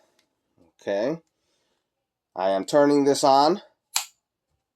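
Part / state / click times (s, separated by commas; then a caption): air supply on the carbine / seated / 4.0 s. Someone talks while the air supply on a First Strike FSC less-lethal carbine is turned on. A single sharp click sounds at 4.0 s as the air supply clicks on.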